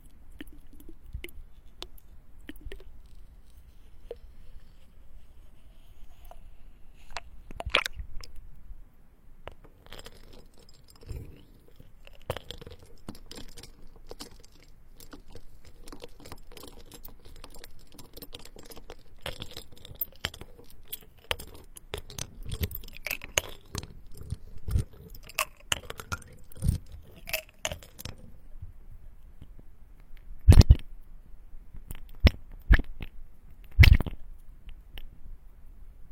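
Ice clinks and crunches in water, with irregular knocks and wet crackles, busiest between ten and twenty-eight seconds, then sharp isolated clacks near thirty.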